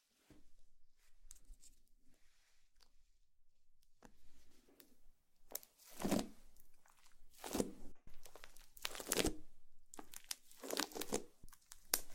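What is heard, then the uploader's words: Slime being squished and pulled, with soft crinkling and wet tearing sounds in short bursts. Quiet at first, it grows busier after about five seconds, with louder, bright squelches around six, seven and a half, nine and eleven seconds. ASMR SLIME SATISFYING - NO TALKING.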